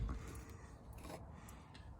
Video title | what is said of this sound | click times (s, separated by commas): What are Trailering Clips? | then you'll hear it snap and | 0.1 s